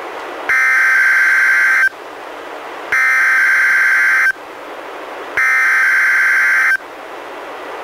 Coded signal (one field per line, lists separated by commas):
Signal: Emergency Alert System (SAME) tones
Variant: header bursts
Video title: EAS #89: NWR Required Weekly Test- Dec. 2, 2015- 11:01AM PST